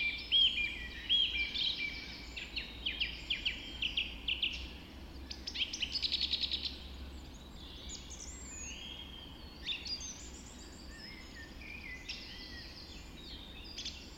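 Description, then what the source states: Many birds singing at once, clear whistles, buzzy rattles and rapid trills layered thickly, busiest in the first half, then thinning to softer song. Dawn chorus recorded just after dawn in the Forest of Dean.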